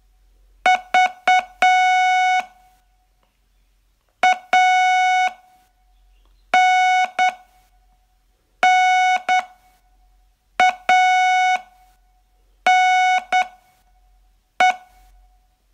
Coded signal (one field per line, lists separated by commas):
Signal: Morse code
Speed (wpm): 9 wpm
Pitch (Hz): 740 Hz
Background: music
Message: V ANNANE